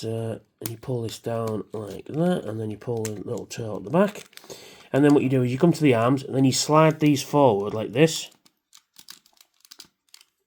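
Someone talks while handling a plastic toy robot, pulling a part down and the little tail at the back, then starting to slide the arm sections forward in the torso. After the talking stops, around 8.7 to 10.1 seconds, there are faint, sharp plastic taps and clicks as the arms are handled. The arms have not seated or clicked into place yet, because they first have to be disconnected from a peg.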